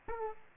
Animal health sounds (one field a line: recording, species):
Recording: mosquito wingbeat signal from an infrared sensor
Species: Aedes aegypti